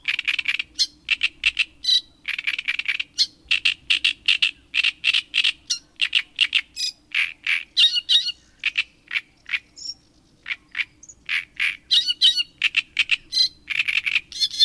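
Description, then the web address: Great reed warbler singing a long run of rasping, guttural notes, each repeated two or three times, interspersed with sharp high squeaks; faint low hum underneath. "agykontroll Madardalok Cd 3. Nádirigó"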